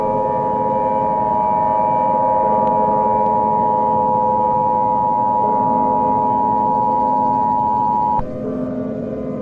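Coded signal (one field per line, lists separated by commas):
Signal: Emergency Alert System (SAME) tones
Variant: 853 and 960 Hz attention tone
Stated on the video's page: Fictional EAS scenario.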